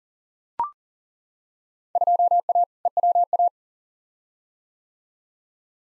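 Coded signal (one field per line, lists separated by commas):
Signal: Morse code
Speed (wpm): 40 wpm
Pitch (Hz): 700 Hz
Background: none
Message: 2A EWA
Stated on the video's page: Computer-generated Morse at 40wpm sending Field Day contest exchanges for head-copy practice, each sent, spoken, then sent again.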